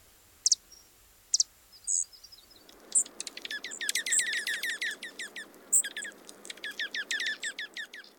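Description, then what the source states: Junco calls: sharp high ticks and chips, a few isolated at first, then a busy stream of rapid clicking notes over a hiss that begins partway through. Recorded December 2011.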